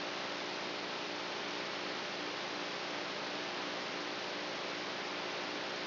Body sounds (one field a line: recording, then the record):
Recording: brain microelectrode recording played as sound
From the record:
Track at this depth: outside the subthalamic nucleus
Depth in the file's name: 0.514 mm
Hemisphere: right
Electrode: 3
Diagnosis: Parkinson's disease